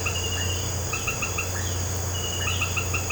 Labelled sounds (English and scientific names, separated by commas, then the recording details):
none
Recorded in pastures near Puerto Asís, Putumayo, Colombia, on 13 March 2025 at 18:00
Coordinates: 0.466, -76.322
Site CSA-02